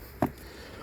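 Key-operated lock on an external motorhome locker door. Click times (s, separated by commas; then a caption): 0.2 s. A single key turns the lock on an external service locker door of a Laika Kreos L5009 motorhome, locking it. A firm, sharp click sounds at 0.2 s as the lock shuts, followed by quiet, with a faint tick at the very end.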